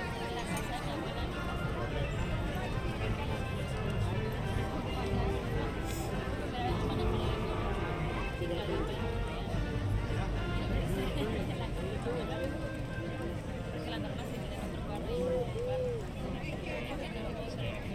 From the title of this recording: The Main Street Electrical Parade (Disneyland) Binaural Recording